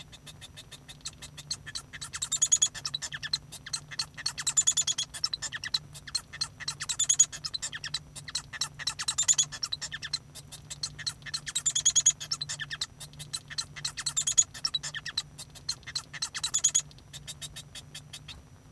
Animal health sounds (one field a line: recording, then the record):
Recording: song of a male Bengalese finch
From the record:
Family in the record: son of father 1